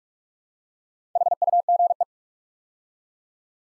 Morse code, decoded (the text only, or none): HUGE